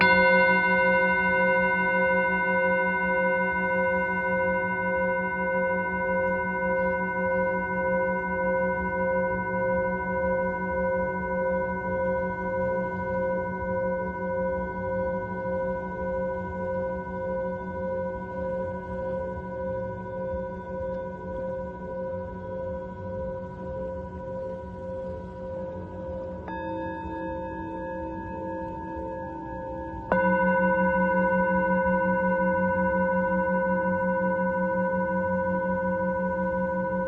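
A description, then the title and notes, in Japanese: A singing bowl hums with a low, pulsing, wavering ring that slowly fades, then swells again when the bowl is struck around thirty seconds. メキシコから シンギングボウルのサウンドヒーリング。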